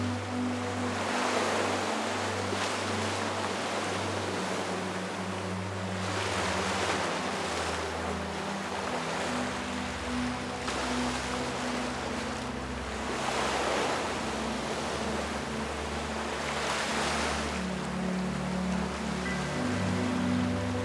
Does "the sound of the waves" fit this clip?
yes